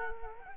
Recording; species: mosquito wingbeat signal from an infrared sensor; Culex quinquefasciatus